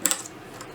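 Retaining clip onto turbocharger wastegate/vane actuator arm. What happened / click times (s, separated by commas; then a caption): The small metal clip snapped onto the linkage arm / 0.1 s. A small universal metal clip, bent slightly to fit, is pressed onto the actuator arm linkage of a Garrett turbocharger from a Mercedes OM642 engine as a stand-in for the original retaining clip. A sharp metallic snap at 0.1 s is followed by a second click at 0.1 s and fainter ticks afterward. The clip seats in place on the arm.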